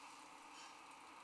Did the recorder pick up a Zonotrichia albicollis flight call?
no